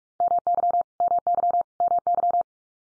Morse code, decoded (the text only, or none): MY MY MY